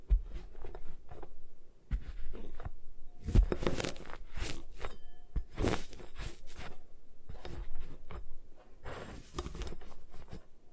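Gym chalk is crushed and broken apart in a run of dry, crunchy scrapes and crumbling bursts. The sounds come irregularly, thickening into gritty grinding around the middle and again near the end, with brief quiet gaps and soft rustling in between.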